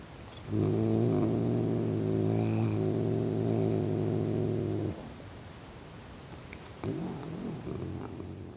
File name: Cat Growl